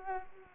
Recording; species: mosquito wingbeat signal from an infrared sensor; Anopheles arabiensis